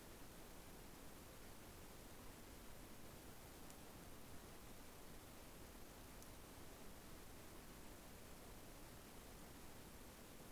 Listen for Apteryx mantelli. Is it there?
no